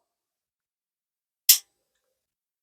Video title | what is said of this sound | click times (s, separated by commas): Yard Sale Knives - The Good, The Bad, The Ugly, and Some Surprisingly Interesting Pieces | Snaps into place. Very secure. | 1.5 s